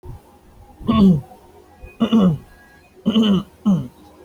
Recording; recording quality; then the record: shallow voluntary cough; moderate, slight background noise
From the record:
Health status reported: healthy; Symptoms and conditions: none ticked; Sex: male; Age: 26 years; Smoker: not ticked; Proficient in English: yes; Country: India